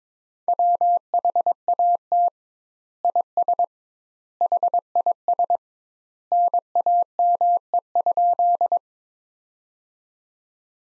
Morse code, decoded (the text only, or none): WHAT IS HIS NAME?